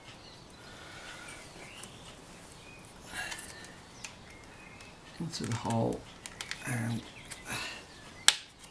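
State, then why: Seated. Someone talks while a plastic retaining push pin for a Ford oil/air separator on a UK Mustang GT is pressed into a hole in the engine bay bracket. A sharp, loud click at 8.3 s marks the pin clicking home, seated solidly in the bracket.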